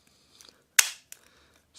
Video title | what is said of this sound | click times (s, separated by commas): Deyard D050 Flex Clamp Clip Mount | there we go just like that you heard it snap | 0.8 s